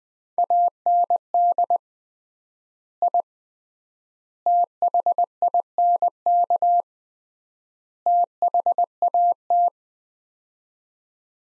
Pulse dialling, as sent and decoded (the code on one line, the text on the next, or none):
none